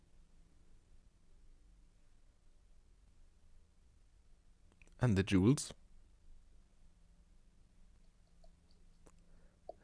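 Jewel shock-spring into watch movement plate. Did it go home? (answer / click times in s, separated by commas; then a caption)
yes / 9.7 s. During the service and restoration of a radioactive 1940s Jaeger-LeCoultre Cal. P478 military watch, a small metal part that holds a jewel, likely the shock-protection spring over the balance jewel, is pressed into its setting in the brass movement plate. Someone talks briefly in the middle of an otherwise quiet stretch with a few faint ticks, then a short, sharp metallic tick comes at 9.7 s as the part clicks into place and is seated.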